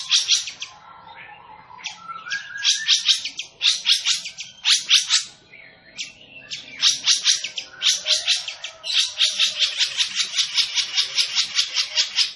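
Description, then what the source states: Long-tailed shrike song: bursts of scratchy, high chattering notes in uneven clusters, with short gaps and a few lower whistled phrases between them. Singing vigorously.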